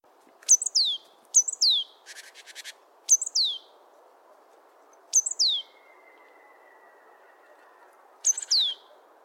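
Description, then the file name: Great tit calls, repeated high descending chirps in short doublets, with a brief buzzy rattle early on and a faint thin whistle in the background. "Parus major"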